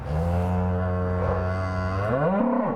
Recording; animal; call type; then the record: contact call of a hoofed animal; cattle; low-frequency (closed-mouth) or high-frequency (open-mouth) call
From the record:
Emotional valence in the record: negative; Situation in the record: full separation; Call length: 2.8 s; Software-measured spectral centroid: 1040 Hz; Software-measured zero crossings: 850 a second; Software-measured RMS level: -24 dBFS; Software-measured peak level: -12 dBFS